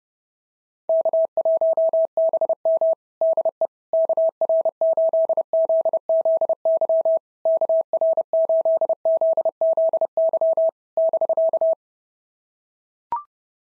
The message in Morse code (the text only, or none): K1BM DE KR8ZZY KR8ZZY <BK>